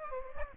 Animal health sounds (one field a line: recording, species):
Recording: mosquito wingbeat signal from an infrared sensor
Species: Aedes aegypti